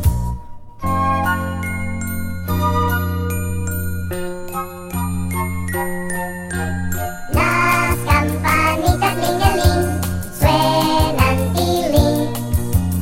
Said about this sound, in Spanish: Nuestro fiel caballo, con su trote largo, nos irá llevando mientras van sonando. Las campanitas lingeling suenan tiling.